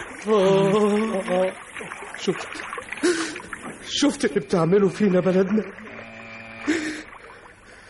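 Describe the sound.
A ship moving on the water, a low steady engine rumble with some watery splashing running underneath a man's emotional speech throughout.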